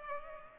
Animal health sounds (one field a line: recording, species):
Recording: mosquito wingbeat signal from an infrared sensor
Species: Culex pipiens